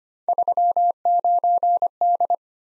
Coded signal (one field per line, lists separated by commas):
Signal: Morse code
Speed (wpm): 25 wpm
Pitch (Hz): 700 Hz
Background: none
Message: 39D